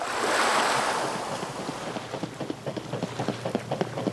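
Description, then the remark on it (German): Lake water washes and laps against the shore beside a lakeside promenade, separated from it by a narrow strip of lawn and a few bushes, on a cool day. A broad wash swells early, then breaks into small, irregular splashes and trickles over a steady low rumble, with no voices. “Die Promenade führte am See entlang, von dem nur ein schmaler Streifen Rasen und ein paar Büsche sie trennten.”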